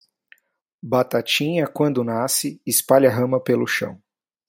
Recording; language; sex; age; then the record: short text; Brazilian Portuguese; male; 30 to 39 years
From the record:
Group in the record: control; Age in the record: 37 years